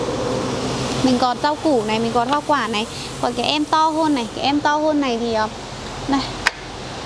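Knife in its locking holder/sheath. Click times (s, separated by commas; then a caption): 6.5 s. Someone talks while handling the larger knife of a two-knife set over a steady background hiss. At 6.5 s the knife's locking mechanism in its holder gives one sharp click, and the lock clicks shut and holds.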